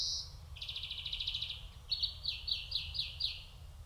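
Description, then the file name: European greenfinch giving a brief high note, a fast buzzy trill, then a series of quick descending chirps. "Chloris chloris"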